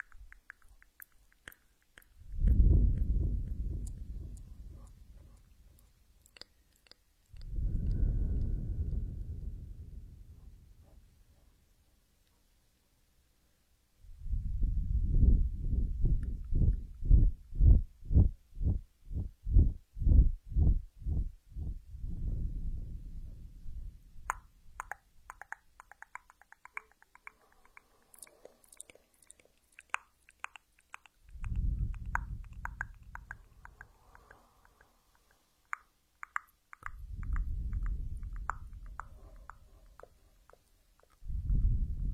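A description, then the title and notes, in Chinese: Muffled ear massage: deep rubbing swells arrive in bursts around 3, 8, 15, 32 and 38 seconds, separated by near silence. From 14 to 24 seconds the strokes turn into quick rhythmic pats. Faint crinkly scratching sits higher up in the later half. 耳朵按摩。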